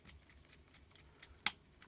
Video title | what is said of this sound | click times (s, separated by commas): Working with Canon Zoom Lens FD 100-200mm 1:5.6 S.C. Re-grease and Assemble | yeah there it clicks into place | 1.5 s